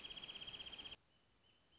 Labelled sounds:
Wrentit (Chamaea fasciata)
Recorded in Sonoma County, California

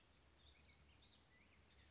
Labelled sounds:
Black-headed Grosbeak (Pheucticus melanocephalus)
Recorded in Sonoma County, California

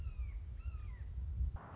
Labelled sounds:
Red-shouldered Hawk (Buteo lineatus)
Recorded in Sonoma County, California

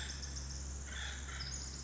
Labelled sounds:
Pacific Wren (Troglodytes pacificus)
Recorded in Sonoma County, California

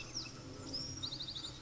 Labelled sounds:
Bewick's Wren (Thryomanes bewickii)
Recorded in Sonoma County, California

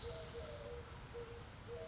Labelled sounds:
Eurasian Collared Dove (Streptopelia decaocto)
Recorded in Sonoma County, California

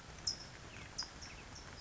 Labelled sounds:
California Towhee (Melozone crissalis)
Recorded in Sonoma County, California

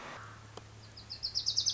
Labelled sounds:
Wilson's Warbler (Cardellina pusilla)
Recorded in Sonoma County, California

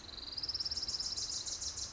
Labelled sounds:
Wilson's Warbler (Cardellina pusilla)
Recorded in Sonoma County, California

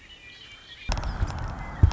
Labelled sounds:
Red-winged Blackbird (Agelaius phoeniceus)
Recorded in Sonoma County, California

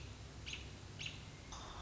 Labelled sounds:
American Robin (Turdus migratorius)
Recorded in Sonoma County, California

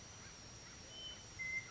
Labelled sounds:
Western Meadowlark (Sturnella neglecta)
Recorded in Sonoma County, California

